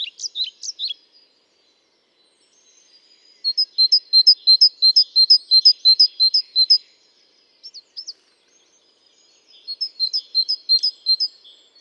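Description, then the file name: Great tit singing: after a few scattered high notes, bright phrases repeat rapidly and evenly in two bursts separated by a quieter gap. "Parus major"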